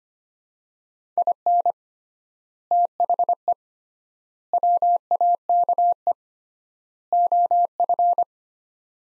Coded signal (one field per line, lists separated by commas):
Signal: Morse code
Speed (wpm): 25 wpm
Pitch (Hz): 700 Hz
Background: none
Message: IN THE WAKE OF